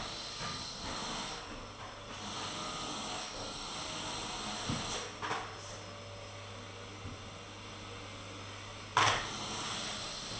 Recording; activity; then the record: daily activity, microphone in the room; vacuum cleaning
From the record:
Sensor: 4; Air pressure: 996.0 hPa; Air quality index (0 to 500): 47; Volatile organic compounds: 1 ppm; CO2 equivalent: 751 ppm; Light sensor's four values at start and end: 16/43/16/16 and 17/45/17/18